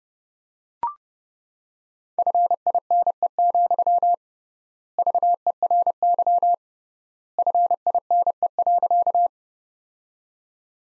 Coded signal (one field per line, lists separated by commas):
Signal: Morse code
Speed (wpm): 31 wpm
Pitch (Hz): 700 Hz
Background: none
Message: FINE, VERY FINE.